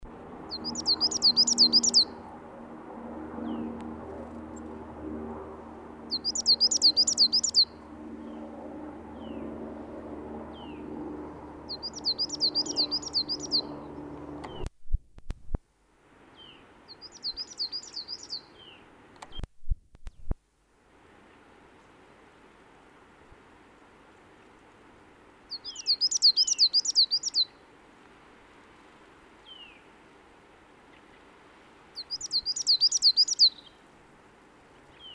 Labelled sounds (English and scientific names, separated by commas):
Coal Tit (Periparus ater) song